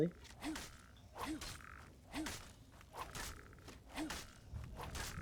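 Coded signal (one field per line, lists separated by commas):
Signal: none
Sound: game sound effect beeps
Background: speech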